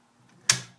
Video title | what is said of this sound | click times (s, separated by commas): Bushmaster AR-15 M4 take down - Disassembly | click once it's clicked I can take my bottom receiver line it up perfectly | 0.5 s